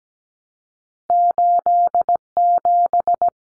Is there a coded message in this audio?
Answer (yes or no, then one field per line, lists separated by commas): yes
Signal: Morse code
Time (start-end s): 1.1-3.3 s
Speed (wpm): 17 wpm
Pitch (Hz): 700 Hz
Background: none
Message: 87